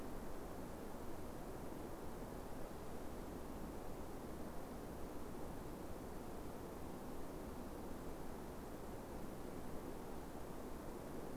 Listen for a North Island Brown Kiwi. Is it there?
no